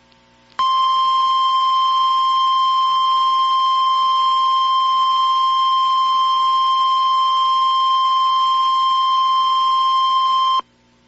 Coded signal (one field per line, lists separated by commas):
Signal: Emergency Alert System (SAME) tones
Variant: 1050 Hz attention tone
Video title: EAS Scenario - Baltan Incursion (VALID TONES)